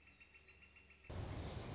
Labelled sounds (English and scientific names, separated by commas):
Northern Flicker (Colaptes auratus)